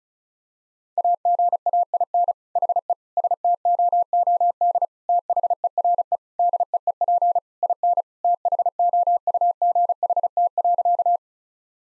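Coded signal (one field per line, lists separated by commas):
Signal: Morse code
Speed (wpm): 36 wpm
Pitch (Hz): 700 Hz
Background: none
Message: AGAIN HE STOOD THERE DEEP IN THOUGHT.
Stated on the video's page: Morse code head-copy practice at 35 WPM, sentences built from the 1000 most common words.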